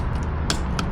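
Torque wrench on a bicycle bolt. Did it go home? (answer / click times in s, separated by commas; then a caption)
yes / 0.5 s, 0.8 s. A 1/4-inch torque wrench set to 10 Nm tightens a bicycle bolt, giving two sharp clicks at about 0.5 s and 0.8 s over a steady low background hum. The clicks mark the wrench reaching its set torque, meaning the bolt is properly tightened.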